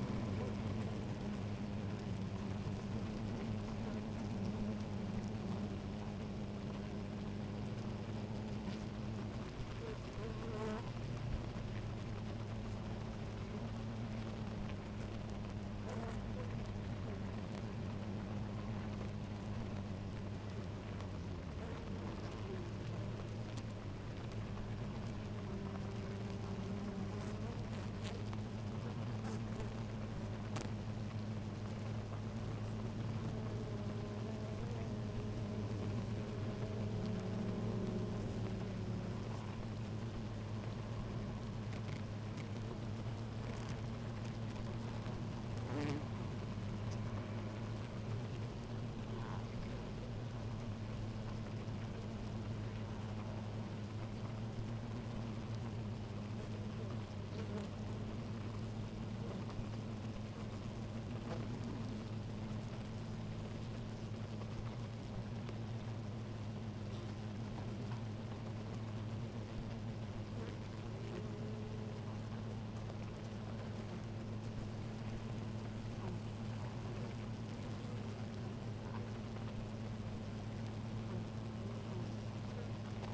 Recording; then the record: honeybee colony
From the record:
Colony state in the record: active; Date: 28 July 2017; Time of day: 11:26